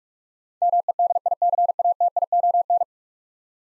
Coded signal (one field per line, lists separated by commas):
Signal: Morse code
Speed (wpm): 46 wpm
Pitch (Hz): 700 Hz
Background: none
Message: MEDICATION